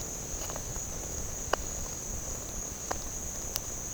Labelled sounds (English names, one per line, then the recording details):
none
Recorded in pastures near Puerto Asís, Putumayo, Colombia, on 25 June 2025 at 11:00
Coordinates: 0.496, -76.326
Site GP01